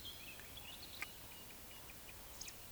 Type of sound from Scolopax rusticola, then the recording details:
whistle, croak. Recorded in Baden-Württemberg, Germany, on 20 May 2021 at 19:35 UTC. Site 24606, 635 m above sea level